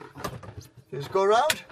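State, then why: Seated. A plastic clasp in the middle of a side pole of a pop-up shower/bath enclosure in a campervan is joined into its mating clasp and clicks together at about 0.3 s, seating the clasp. Someone talks during the clip.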